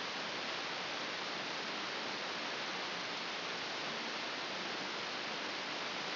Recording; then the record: brain microelectrode recording played as sound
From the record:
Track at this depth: inside the subthalamic nucleus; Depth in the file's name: 5.314 mm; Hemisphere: left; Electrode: 2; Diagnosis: Parkinson's disease